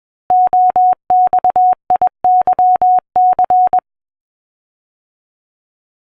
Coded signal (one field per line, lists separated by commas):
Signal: Morse code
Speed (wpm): 21 wpm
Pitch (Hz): 730 Hz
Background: none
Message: OXIYC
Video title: RufzXP - Giving it a go - AD0WE